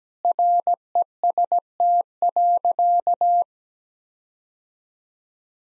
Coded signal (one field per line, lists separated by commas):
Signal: Morse code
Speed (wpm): 17 wpm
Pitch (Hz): 700 Hz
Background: none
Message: REST.